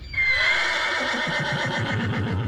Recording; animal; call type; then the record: contact call of a hoofed animal; horse; whinny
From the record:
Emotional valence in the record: negative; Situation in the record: group separation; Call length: 2.6 s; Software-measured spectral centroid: 2270 Hz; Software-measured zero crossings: 3010 a second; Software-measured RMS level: -24 dBFS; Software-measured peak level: -11 dBFS